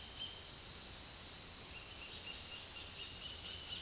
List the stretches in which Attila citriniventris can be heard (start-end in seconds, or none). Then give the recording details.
none. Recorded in secondary vegetation near Puerto Asís, Putumayo, Colombia, on 18 February 2024 at 10:00. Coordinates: 0.481, -76.323. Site G6376